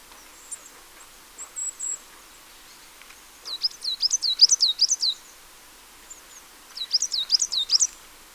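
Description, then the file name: Marsh tit with two rapid runs of high swooping notes separated by a short pause, with quieter thin chirps before the first run. "Poecile palustris"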